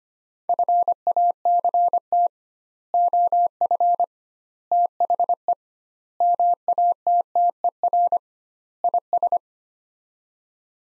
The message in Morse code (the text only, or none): FACT OF THE MATTER IS